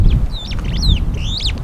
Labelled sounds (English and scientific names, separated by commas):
Superb Starling (Lamprotornis superbus) flight call